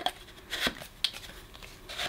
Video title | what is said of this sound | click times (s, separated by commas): Miele De Luxe S126 Stick Vacuum Cleaner Unboxing & First Look | alright that's it that's locked into place so that's that stays firmly on until | 1.0 s